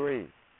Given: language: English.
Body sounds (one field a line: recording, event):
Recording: throat vibration sensor signal played as sound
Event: speech